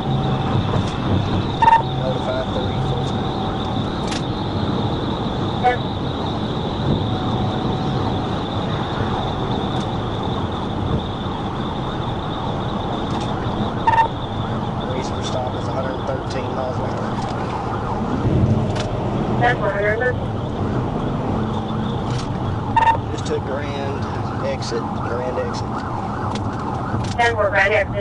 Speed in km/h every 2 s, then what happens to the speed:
179, 182, 180, 179, 180, 169, 161, 147, 140, 151, 147, 127, 114, 76.
0-8 steady at about 180. 8-15 brakes to 140. 20-26 brakes to 76.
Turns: none.